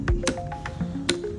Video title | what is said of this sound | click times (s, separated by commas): SOTELO Waist Casting Box T5011 | Bila dah lock ni dia memang tak buka dah. | 1.1 s